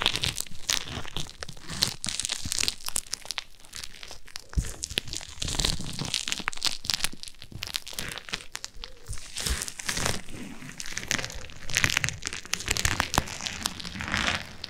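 An ASMR ear massage of dense crinkling, crumpling rubs and brushing strokes, continuous and uneven, with soft scratchy swishes throughout the fifteen seconds.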